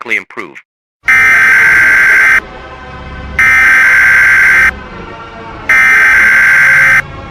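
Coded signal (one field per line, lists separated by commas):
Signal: Emergency Alert System (SAME) tones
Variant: header bursts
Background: speech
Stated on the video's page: Fictional EAS scenario using valid SAME tones.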